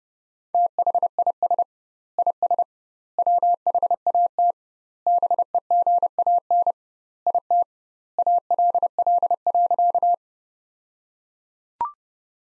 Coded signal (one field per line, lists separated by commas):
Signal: Morse code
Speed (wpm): 30 wpm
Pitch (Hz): 700 Hz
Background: none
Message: THIS IS WHAT BEGAN IT ALL.